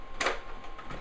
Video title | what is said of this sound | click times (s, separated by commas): Xbox Error 0110 Fix | snap in place. | 0.2 s